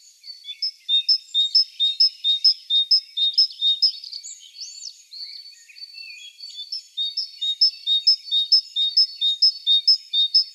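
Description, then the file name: Great tit song: bright two-note phrases, high then lower, repeated quickly in a long run, broken midway by a brief jumble of twittering before the rhythmic phrases resume. "Parus major"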